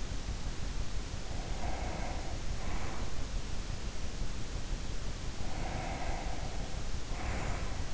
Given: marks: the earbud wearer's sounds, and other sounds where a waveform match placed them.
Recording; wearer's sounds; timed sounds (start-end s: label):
sounds in sleep by an in-ear microphone; breath
1.15-3.19 s: breath
5.29-7.93 s: breath